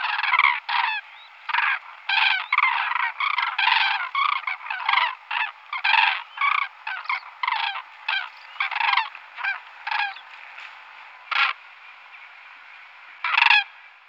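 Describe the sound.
Crane calls, a rapid series of loud, harsh, rattling trumpeted notes in bursts, thinning to scattered calls near the end.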